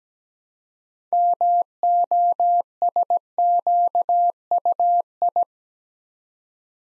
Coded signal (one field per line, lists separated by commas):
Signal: Morse code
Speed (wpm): 17 wpm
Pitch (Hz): 700 Hz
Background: none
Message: MOSQUI